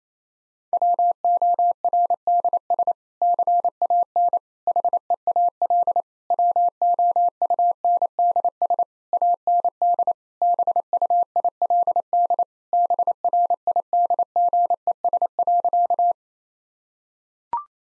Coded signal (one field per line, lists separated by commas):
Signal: Morse code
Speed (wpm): 27 wpm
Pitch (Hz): 700 Hz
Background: none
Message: WORDS CAN HEAL WOUNDS AND BUILD BRIDGES.